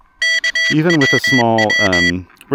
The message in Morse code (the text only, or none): KWW